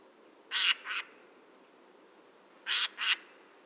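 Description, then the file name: Eurasian jay uttering two pairs of loud, grating screech calls, each pair a longer rasp followed quickly by a shorter one, about two seconds apart. "Garrulus glandarius"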